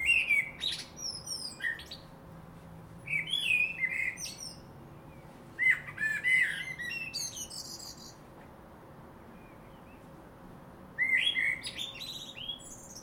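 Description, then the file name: Common blackbird song, four separate phrases of rich fluty notes ending in high scratchy chatter, spaced by pauses of a few seconds, faint constant hum behind. "Turdus merula"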